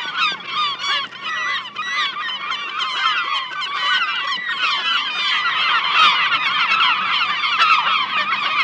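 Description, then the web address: Gulls calling in a dense, overlapping chorus of harsh, yelping and mewing cries that continue without a break throughout. "seagulls"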